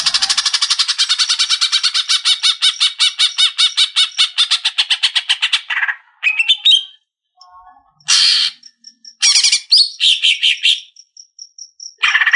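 Leafbird song opening with a long harsh rapid rattle for about six seconds, followed by chattering notes, a thin high whistle and further buzzy bursts.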